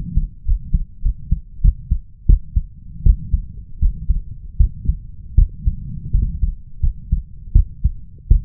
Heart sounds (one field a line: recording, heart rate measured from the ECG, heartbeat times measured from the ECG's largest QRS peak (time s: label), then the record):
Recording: heart sounds by stethoscope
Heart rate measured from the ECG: 84 bpm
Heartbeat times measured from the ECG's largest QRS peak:
0.45 s: heartbeat
1.02 s: heartbeat
1.61 s: heartbeat
2.26 s: heartbeat
3.03 s: heartbeat
3.79 s: heartbeat
4.57 s: heartbeat
5.34 s: heartbeat
6.11 s: heartbeat
6.80 s: heartbeat
7.52 s: heartbeat
8.27 s: heartbeat
From the record:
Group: healthy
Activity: rest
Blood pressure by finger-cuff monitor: 132/97 mmHg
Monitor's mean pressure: 107 mmHg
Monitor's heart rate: 78 bpm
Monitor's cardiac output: 5.5 L/min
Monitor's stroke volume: 71 mL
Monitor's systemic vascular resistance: 1450 dyn s/cm5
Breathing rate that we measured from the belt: 22 breaths a minute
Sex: male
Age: 21 years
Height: 180 cm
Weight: 67.5 kg